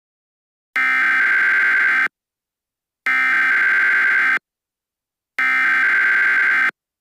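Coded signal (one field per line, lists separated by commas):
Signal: Emergency Alert System (SAME) tones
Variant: header bursts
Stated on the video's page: Fictional EAS scenario themed on the film Turning Red.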